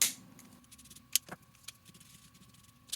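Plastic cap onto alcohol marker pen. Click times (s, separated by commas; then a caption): 0.0 s, 1.2 s. Plastic caps are pressed onto alcohol marker pens until they click shut, so the ink does not dry out. Sharp clicks are heard at 0.0 and 1.2 seconds, with fainter taps and a closing snap near 2.9 seconds. The caps are seated.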